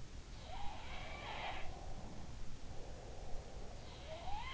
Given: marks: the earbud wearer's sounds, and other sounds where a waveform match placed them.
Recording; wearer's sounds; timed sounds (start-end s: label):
sounds in sleep by an in-ear microphone; breath
0.28-4.54 s: sound from someone else or the room
0.92-4.05 s: breath